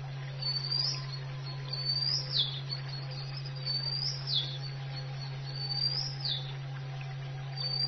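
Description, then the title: Oriental magpie-robin singing clear, high whistled phrases, rising then sharply dropping, given every couple of seconds over a steady low electrical hum. "Kicau Kacer"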